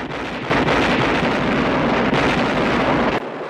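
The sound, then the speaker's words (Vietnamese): Loud, continuous booming rumble of Fourth of July fireworks exploding in the night sky with red and white flames, a dense roar that swells suddenly, holds steady for about three seconds, then cuts off abruptly. No voices are heard. “Có tiếng nổ ầm ầm kinh khủng và những ngọn lửa đỏ và trắng bắn cao trong bầu không khí.”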